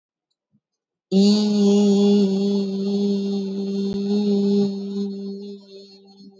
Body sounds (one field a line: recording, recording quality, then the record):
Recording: sustained vowel as in beet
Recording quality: excellent, no background noise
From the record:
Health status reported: exposed to COVID-19, no respiratory illness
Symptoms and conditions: none ticked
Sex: female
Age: 35 years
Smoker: not ticked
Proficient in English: yes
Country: India